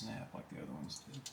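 On a 1977 Camaro Z28, the light blue wire's metal terminal is being pushed again into the plastic steering column connector after a failed try, while someone talks over soft handling sounds. The clip ends before the part goes home; nothing has seated or clicked yet.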